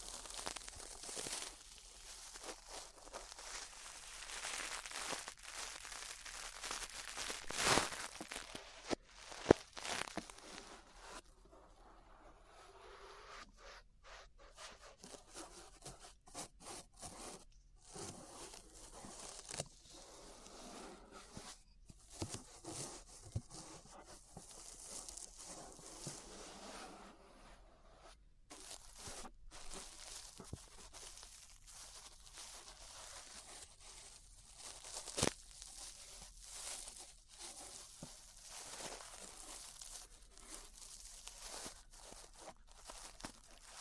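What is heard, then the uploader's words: Ear brushing: soft, scratchy bristle strokes rub and crinkle in a near-continuous hiss, bright and airy, with a denser, slightly lower rustle from about 12 to 27 seconds. Sharper clicks and scrapes break in now and then, notably near 8, 9, 23 and 35 seconds. ASMR Relaxing 3Dio Ear Brushing (No Talking).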